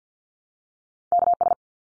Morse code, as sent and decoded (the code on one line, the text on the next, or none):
-.- ...
KS